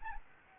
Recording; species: mosquito wingbeat signal from an infrared sensor; Anopheles gambiae